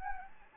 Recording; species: mosquito wingbeat signal from an infrared sensor; Anopheles gambiae